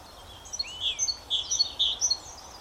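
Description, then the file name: Great tit giving a chattering string of high, sharp notes over a low hiss. "Parus major"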